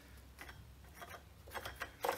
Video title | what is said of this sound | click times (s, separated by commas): My Adjustable Dumbbell Collection IronMaster, Bowflex, Powerblock, VivaFit, Etc | hear that clicking sound | 0.4 s, 0.5 s, 1.7 s, 1.8 s, 2.1 s